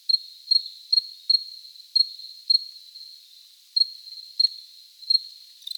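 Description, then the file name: Cricket chirping: a steady high trill broken by sharp, brighter chirps in uneven bursts, with a soft click at the end. Recorded close up. "Cricket close recording JJ"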